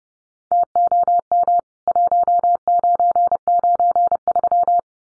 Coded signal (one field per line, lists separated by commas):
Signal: Morse code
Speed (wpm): 30 wpm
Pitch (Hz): 700 Hz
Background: none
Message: TOM 1993